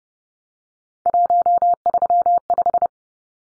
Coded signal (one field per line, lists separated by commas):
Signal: Morse code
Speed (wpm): 30 wpm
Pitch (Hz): 700 Hz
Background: none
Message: 135